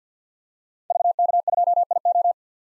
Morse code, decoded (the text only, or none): VK2IO